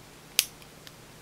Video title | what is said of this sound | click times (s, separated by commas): 🔴 Siglent SDS6204A 2GHz Oscilloscope Review - No.1069 | little click it feels like it's on there very nicely that's good | 0.4 s